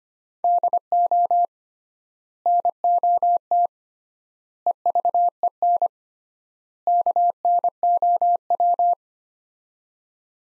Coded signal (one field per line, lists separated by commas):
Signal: Morse code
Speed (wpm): 25 wpm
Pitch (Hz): 700 Hz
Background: none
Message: DO NOT EVEN KNOW